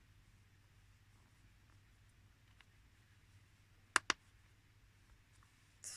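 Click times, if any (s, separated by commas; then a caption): 4.0 s, 4.1 s. Backing washers are pressed by hand onto the stems of plastic safety eyes on a crocheted plush toy. Two sharp clicks ring out at 3.9 and 4.1 seconds over a quiet background, and the eyes snap into place, seated.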